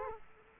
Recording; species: mosquito wingbeat signal from an infrared sensor; Culex quinquefasciatus